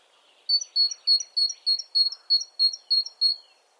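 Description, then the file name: Great tit song, clear two-note phrases of a high and a slightly lower whistled note, repeated about ten times evenly over three seconds. "Parus major"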